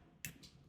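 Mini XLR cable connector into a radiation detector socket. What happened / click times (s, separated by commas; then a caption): The small connector latched into its socket / 0.2 s. The other end of a mini XLR cable is plugged into the socket of a radiation detector, a RadView Mk.1/Mk.2 unit. A sharp click at 0.3 s shows the connector has seated, followed by fainter sounds around 0.4 s and 0.7 s.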